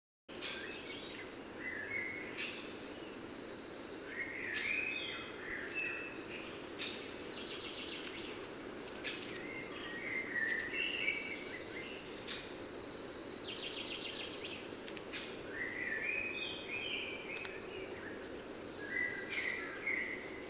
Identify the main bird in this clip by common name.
Common Chaffinch